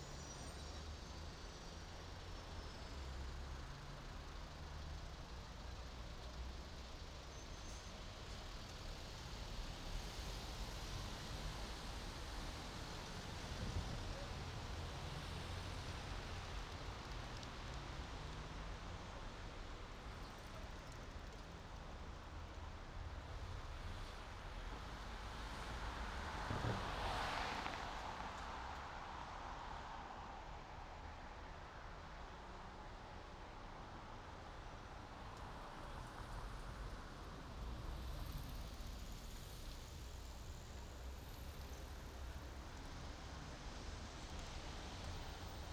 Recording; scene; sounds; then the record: everyday scene through a hearing-aid microphone; in traffic; traffic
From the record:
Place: main city hub, rush hour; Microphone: in the ear canal, right